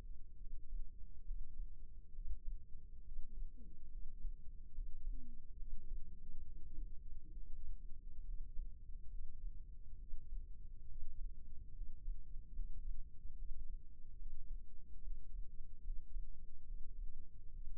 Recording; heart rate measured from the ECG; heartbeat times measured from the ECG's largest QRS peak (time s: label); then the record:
heart sounds by microphone in the left ear; 70 bpm
0.39 s: heartbeat
1.26 s: heartbeat
2.14 s: heartbeat
3.04 s: heartbeat
3.91 s: heartbeat
4.74 s: heartbeat
5.58 s: heartbeat
6.45 s: heartbeat
7.35 s: heartbeat
8.26 s: heartbeat
9.11 s: heartbeat
9.99 s: heartbeat
10.88 s: heartbeat
11.75 s: heartbeat
12.55 s: heartbeat
13.37 s: heartbeat
14.18 s: heartbeat
15.03 s: heartbeat
15.84 s: heartbeat
16.66 s: heartbeat
17.53 s: heartbeat
From the record:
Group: healthy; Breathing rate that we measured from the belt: 16 breaths a minute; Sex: male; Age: 22 years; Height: 181 cm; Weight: 79 kg